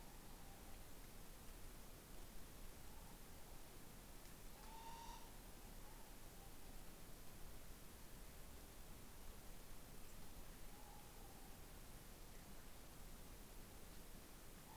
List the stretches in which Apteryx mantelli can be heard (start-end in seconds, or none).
none